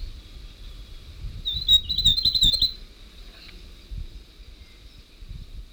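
North Island tomtit song: one loud, rapid series of high jingling notes lasting just over a second, with low background rumble.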